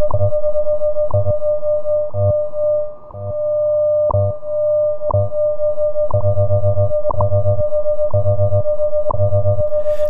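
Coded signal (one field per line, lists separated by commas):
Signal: radio time signal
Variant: WWV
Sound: steady 600 Hz tone interrupted by a short tick every second, low hum underneath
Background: radio static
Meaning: Each tick marks one second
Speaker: I'll wait for the announcement in the tones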